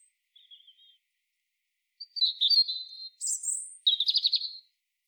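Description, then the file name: European robin song: faint thin notes, then after a pause a phrase of clear whistles, a high squeaky note and a fast rattling trill. "Erithacus rubecula"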